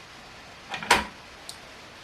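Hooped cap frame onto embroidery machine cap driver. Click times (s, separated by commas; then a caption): 0.9 s. A hooped cap frame is pushed onto the cap driver of an embroidery machine. A soft scrape leads into one sharp latch click at 0.9 s, followed by a faint short tick at 1.5 s. Only one side is heard clicking, so the frame is only partly confirmed as latched.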